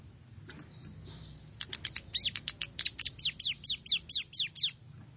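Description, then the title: Plain prinia song: a quick run of thin, high ticking notes that turns into a series of downward-slurred chirps. "Ciblek Sawah"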